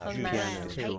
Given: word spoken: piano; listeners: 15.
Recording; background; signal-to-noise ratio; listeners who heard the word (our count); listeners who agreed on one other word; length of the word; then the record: one English word in noise, from a listening test; four-talker babble; -1.4 dB; 0 of 15; 8 of 15; 0.59 s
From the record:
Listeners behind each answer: 8, 1, 1, 1, 1, 1, 1, 1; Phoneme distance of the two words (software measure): 44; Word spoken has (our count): 2 syllables, 5 phonemes, stress on syllable 1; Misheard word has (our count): 1 syllable, 3 phonemes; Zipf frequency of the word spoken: 4.36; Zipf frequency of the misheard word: 4.44